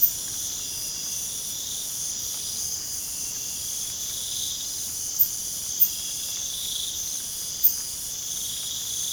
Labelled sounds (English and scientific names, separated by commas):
none